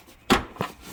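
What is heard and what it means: A plastic retainer holding the rear section of a Ram truck's projector-beam headlight assembly clicks home at 0.3 s as the assembly is pushed in. A fainter knock follows at about 0.6 s, and the retainer is locked in place.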